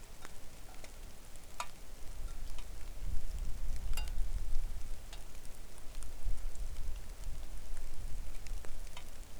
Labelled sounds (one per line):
rain